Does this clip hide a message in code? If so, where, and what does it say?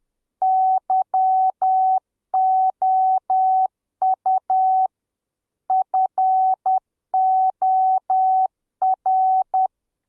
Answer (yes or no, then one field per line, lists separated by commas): yes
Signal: Morse code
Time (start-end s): 0.4-9.7 s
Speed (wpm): 10 wpm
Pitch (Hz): 760 Hz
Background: none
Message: YOU FOR